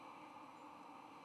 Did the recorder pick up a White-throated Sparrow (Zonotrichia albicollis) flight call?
no